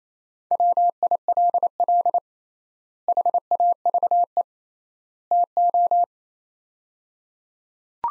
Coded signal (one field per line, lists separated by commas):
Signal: Morse code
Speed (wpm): 28 wpm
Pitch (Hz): 700 Hz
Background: none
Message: WILL HAVE TO